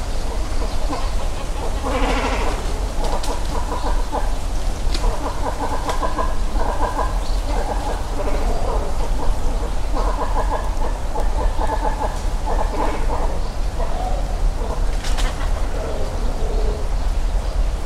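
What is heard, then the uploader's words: Great cormorants at a nesting colony give repeated guttural, croaking calls in bursts throughout, over a steady low rumble and occasional sharp clicks. Great Cormorants Nesting. Great cormorant colony beginning to nest in Hayashi, Ritto City, Shiga Prefecture, Japan. Recorded with EM172 stereo mics attached to a tree about 30cm in diameter, Sony ECM-M10 recorder. Post-processing with Audacity on a Fedora Linux workstation included only trimming and normalizing, with no EQ, filters, or other effects.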